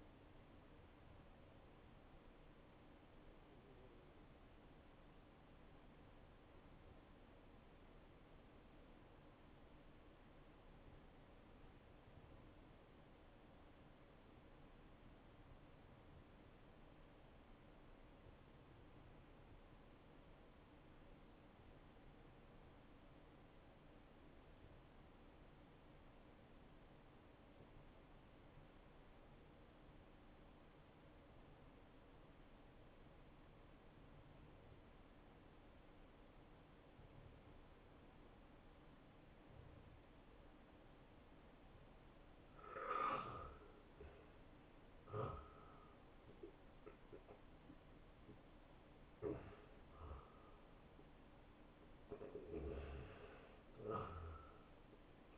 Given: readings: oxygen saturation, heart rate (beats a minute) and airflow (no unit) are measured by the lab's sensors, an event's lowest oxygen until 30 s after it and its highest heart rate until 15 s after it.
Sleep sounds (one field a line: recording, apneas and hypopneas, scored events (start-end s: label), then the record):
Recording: breathing in sleep by a voice recorder at the bedside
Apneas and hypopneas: 1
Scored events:
4.00-43.20 s: obstructive apnea (N1, oxygen 95% highest, then 87% lowest, heart rate 68 at the start, 81 highest)
20.00-50.00 s: new sleep stage, N2 (light sleep)
50.00-55.37 s: new sleep stage, N1 (lightest sleep)
From the record:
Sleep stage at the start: N1 (lightest sleep)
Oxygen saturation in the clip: 86 to 95%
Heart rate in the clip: 54 to 81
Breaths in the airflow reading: 3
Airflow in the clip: -17.9 to 9.9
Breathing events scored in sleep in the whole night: 263 in 5.5 hours asleep